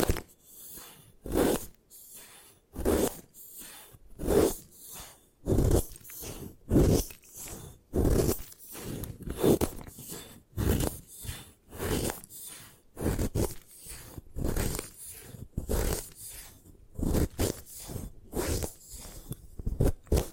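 Gym chalk being crushed and destroyed in rapid, crunchy bursts, with some around every half second and a few quiet gaps between them.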